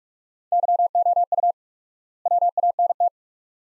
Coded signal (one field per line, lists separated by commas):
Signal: Morse code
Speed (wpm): 47 wpm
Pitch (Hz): 700 Hz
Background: none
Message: YOU WANT